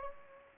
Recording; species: mosquito wingbeat signal from an infrared sensor; Anopheles gambiae